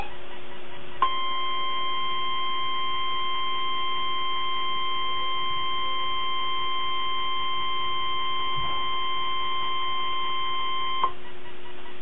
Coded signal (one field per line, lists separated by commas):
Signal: Emergency Alert System (SAME) tones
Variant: 1050 Hz attention tone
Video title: Required Weekly Test - 12/07/11 (EAS #155)